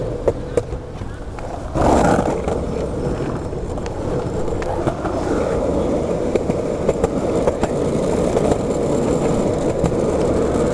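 Skateboard wheels roll with a steady low rumble, louder from about two seconds on, with sharp clacks and ticks scattered throughout.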